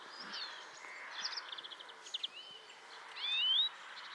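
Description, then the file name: European greenfinch calls: soft chirps and a quick burst of ticking notes, then a clear upslurred whistled note near the end, against steady background hiss. "Chloris chloris"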